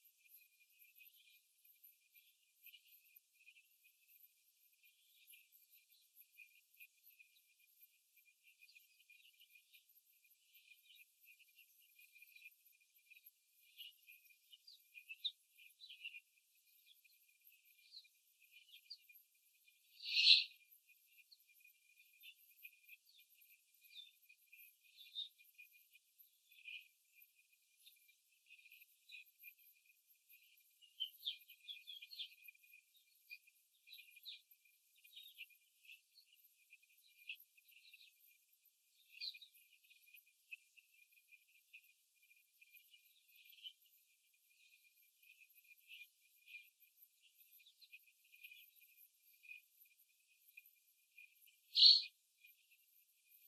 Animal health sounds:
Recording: young laying hens in a cage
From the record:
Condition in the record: after the stressor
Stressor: simulated dog barking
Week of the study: 3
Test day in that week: 2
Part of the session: 1

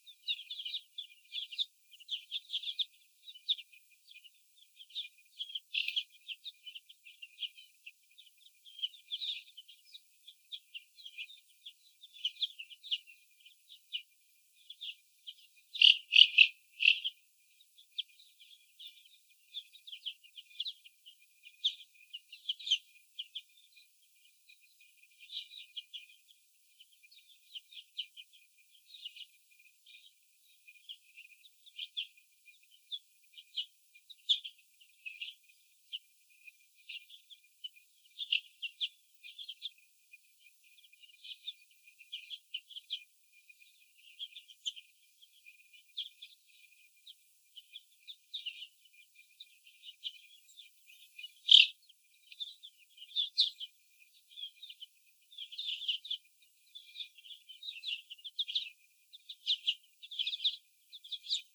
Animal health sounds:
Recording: young laying hens in a cage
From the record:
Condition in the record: before the stressor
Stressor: sudden umbrella opening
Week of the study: 2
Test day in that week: 1

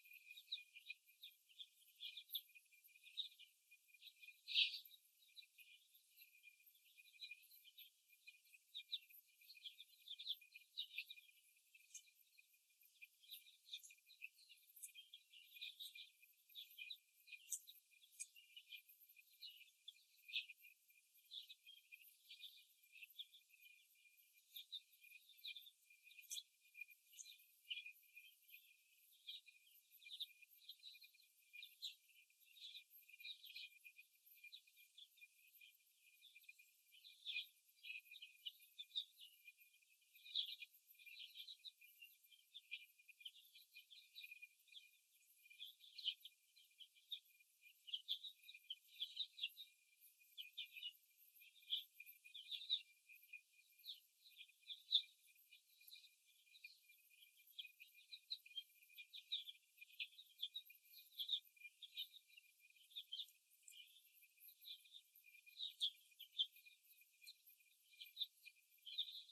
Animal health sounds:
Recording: young laying hens in a cage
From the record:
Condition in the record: before the stressor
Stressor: simulated dog barking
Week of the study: 1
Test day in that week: 2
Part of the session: 1

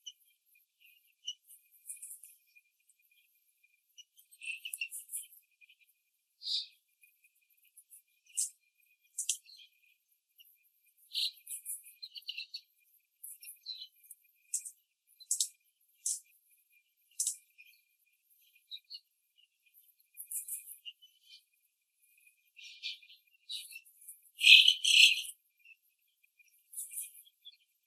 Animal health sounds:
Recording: young laying hens in a cage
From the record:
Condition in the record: after the stressor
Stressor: simulated dog barking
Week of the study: 3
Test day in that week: 1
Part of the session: 4

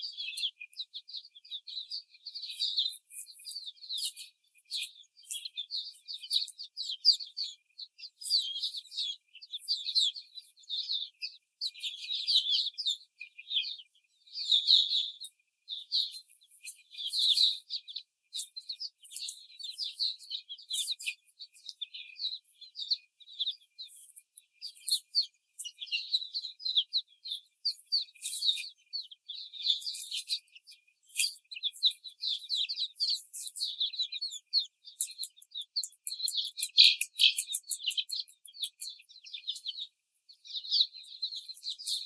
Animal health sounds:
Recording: young laying hens in a cage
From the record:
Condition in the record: before the stressor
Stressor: simulated dog barking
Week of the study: 4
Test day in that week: 3

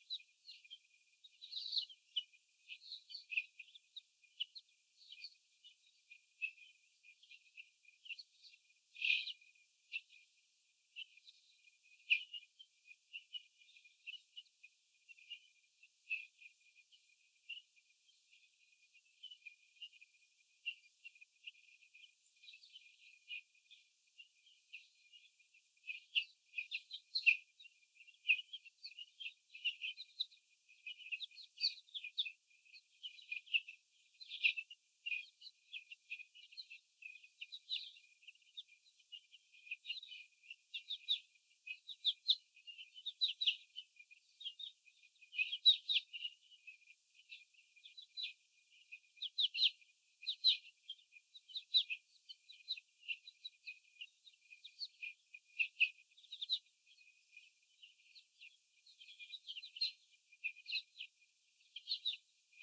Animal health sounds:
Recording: young laying hens in a cage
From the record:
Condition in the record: after the stressor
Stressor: sudden umbrella opening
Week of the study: 3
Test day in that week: 2

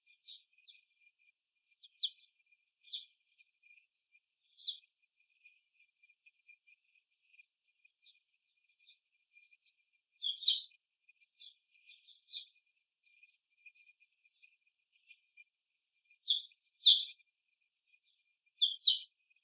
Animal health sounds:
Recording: young laying hens in a cage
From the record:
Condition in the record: after the stressor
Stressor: simulated dog barking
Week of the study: 1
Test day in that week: 1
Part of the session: 1

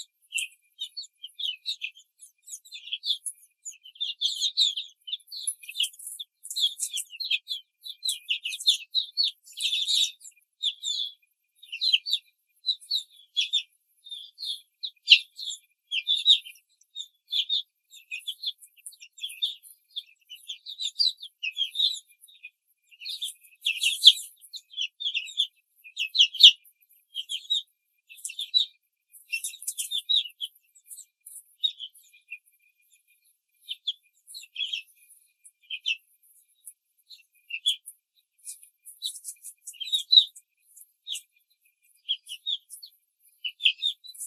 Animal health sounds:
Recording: young laying hens in a cage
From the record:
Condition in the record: control cage, before the stress test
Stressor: none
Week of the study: 4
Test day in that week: 3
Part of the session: 2

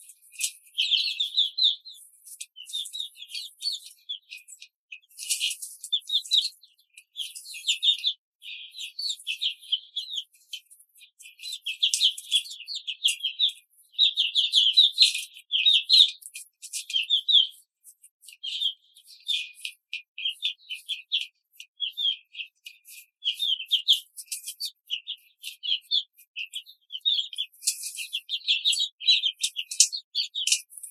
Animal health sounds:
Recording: young laying hens in a cage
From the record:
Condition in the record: control cage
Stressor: none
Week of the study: 5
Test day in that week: 1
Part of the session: 3

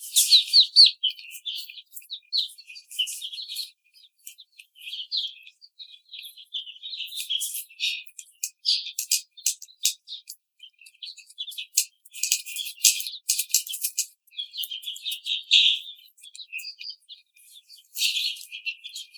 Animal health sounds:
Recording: young laying hens in a cage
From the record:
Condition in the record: treatment cage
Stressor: simulated dog barking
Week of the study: 5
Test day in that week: 1

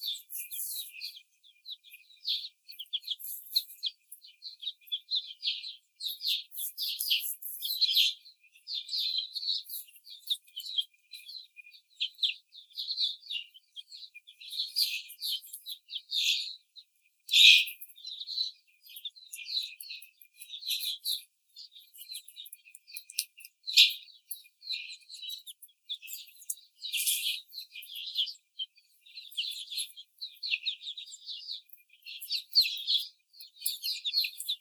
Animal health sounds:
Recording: young laying hens in a cage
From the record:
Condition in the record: after the stressor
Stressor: simulated dog barking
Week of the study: 4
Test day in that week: 2

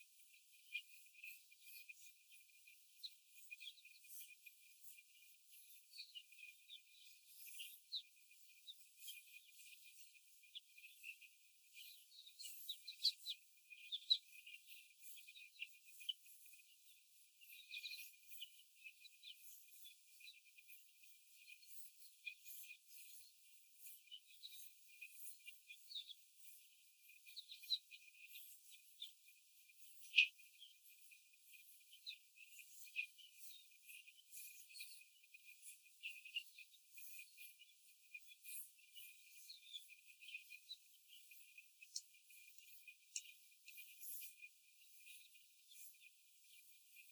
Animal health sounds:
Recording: young laying hens in a cage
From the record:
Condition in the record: after the stressor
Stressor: simulated dog barking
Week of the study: 4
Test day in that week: 1

